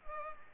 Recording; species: mosquito wingbeat signal from an infrared sensor; Culex pipiens